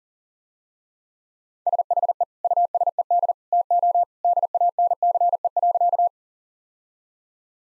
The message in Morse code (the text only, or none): SHE USED TO DANCE.